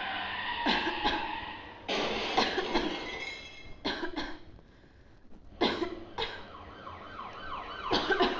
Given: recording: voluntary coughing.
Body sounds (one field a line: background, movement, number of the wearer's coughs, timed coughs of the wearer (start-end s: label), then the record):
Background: traffic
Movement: sitting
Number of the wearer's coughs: 10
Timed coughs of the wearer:
0.63-0.95 s: cough
0.95-1.36 s: cough
2.34-2.65 s: cough
2.71-3.00 s: cough
3.83-4.09 s: cough
4.09-4.51 s: cough
5.59-5.85 s: cough
6.16-6.33 s: cough
7.88-8.14 s: cough
8.14-8.39 s: cough
From the record:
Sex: female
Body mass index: 18.3 kg/m2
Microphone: on the chest, facing outward